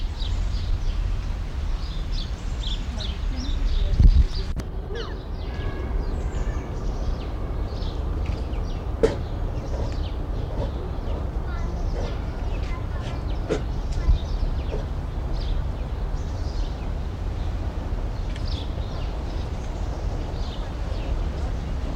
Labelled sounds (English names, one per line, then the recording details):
Red River Hog
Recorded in captivity
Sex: pair
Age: adult
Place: Zoo Berlin, Berlin, DE
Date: 1994-10-01 10:30
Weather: wolkig, z. T. etwas Regen, aufheiternd, 12°C
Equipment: Marantz CP 430, Sennheiser ME 80, Kopie Uher Variocord 263
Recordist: Tembrock, Günter